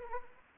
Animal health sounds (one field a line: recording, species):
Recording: mosquito wingbeat signal from an infrared sensor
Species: Anopheles arabiensis